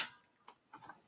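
A ratcheting latch on the cap hoop frame of an embroidery cap driver is closed, giving short ticking clicks at 0.5 s, 0.7 s and 0.9 s. The latch ratchets shut and the frame is seated nice and tight.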